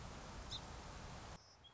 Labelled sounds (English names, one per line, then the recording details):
Song Sparrow
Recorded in Sonoma County, California